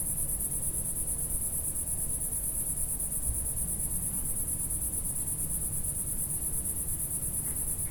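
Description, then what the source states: Cicada with an unbroken high-pitched buzzing song, steady in pitch, over low background noise. Single cicada singing in early evening warmth in a village garden with lavender and myrtle bushes, Picardy, northern France.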